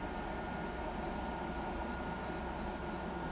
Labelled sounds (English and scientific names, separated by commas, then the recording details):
none
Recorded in pastures near Pivijay, Magdalena, Colombia, on 13 April 2023 at 02:00
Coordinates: 10.456, -74.369
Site P6-G026